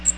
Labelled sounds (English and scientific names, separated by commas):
Magnolia Warbler (Setophaga magnolia) flight call